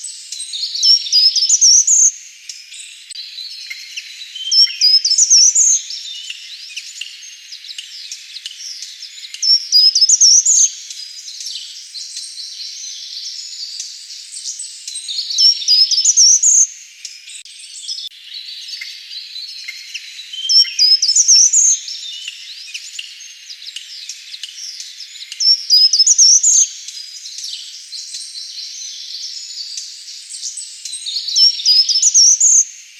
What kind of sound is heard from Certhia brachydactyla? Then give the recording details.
song. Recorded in the wild. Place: Lilienhof / Kaiserstuhl, Baden-Württemberg, DE. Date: 2006-04-21. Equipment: MiniDisc Sharp MT 20 H. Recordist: Schwarz, Dieter